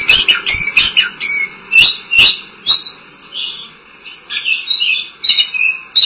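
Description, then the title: Oriental magpie-robin song: a fast, varied run of clear whistles, sharp clicks and harsh notes in irregular bursts, with steady high tonal lines running beneath. Song (kicauan). "Suara Kicauan Burung Kacer"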